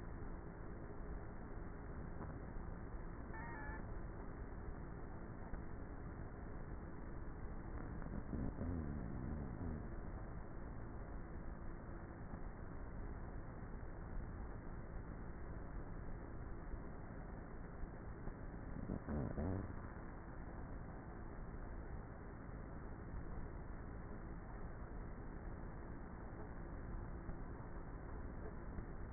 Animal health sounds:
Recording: honeybee colony, microphone inside the hive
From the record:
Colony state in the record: queenless with a low population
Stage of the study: before two queens were removed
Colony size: about 30,000 bees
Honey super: no

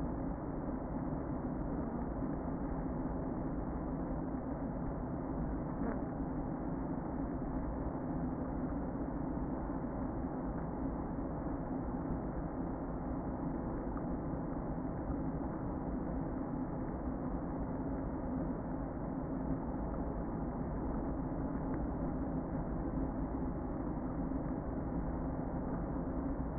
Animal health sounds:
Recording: honeybee colony, microphone inside the hive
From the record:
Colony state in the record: queen present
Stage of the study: before two queens were removed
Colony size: about 60,000 bees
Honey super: yes

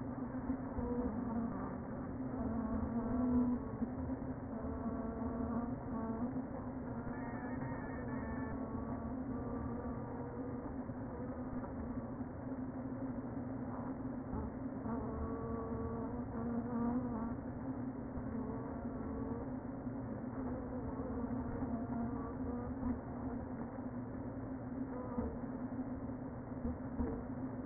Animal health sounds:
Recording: honeybee colony, microphone inside the hive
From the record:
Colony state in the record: queen present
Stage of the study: before two queens were removed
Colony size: about 60,000 bees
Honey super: yes

